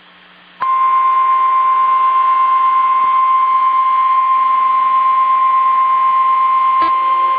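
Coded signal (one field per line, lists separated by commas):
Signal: Emergency Alert System (SAME) tones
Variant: 1050 Hz attention tone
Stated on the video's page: NOAA Weather Radio Required Weekly Test tones for statewide tornado drills in Florida and Georgia, issued by NWS Melbourne.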